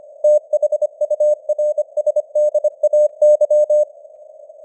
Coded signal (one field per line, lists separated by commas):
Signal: Morse code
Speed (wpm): 25 wpm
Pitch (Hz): 600 Hz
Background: none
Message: THURSDAY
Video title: Morse Code News | 2025-10-02 | 25wpm